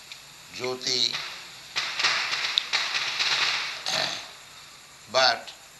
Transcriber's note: loud sounds of firecrackers throughout